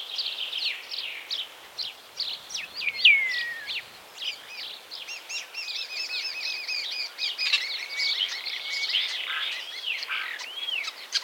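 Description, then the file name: Common Starling song, a varied run of clicks, slurred descending whistles and rattling chatter. "Zvuki ptic Skvorec"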